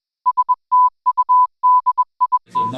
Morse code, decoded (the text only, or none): STUDIT